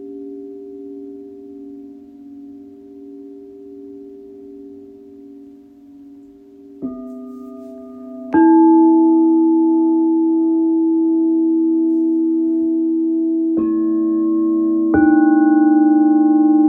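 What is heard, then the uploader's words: Singing bowls ring with long, steady tones, one sustained low hum at first, then new bowls struck at about 7, 8.5, 13.5 and 15 seconds. Each strike adds a brighter ringing layer, and the sound grows fuller and louder, with a slow pulsing wobble. The bowls in the key of B, E, A, D, G, C.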